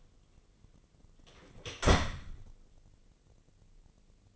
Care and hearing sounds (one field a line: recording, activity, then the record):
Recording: daily activity, microphone in the room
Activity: close door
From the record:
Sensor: 4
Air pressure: 1013.3 hPa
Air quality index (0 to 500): 178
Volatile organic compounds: 2 ppm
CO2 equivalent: 1124 ppm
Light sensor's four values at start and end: 86/216/89/94 and 68/165/69/69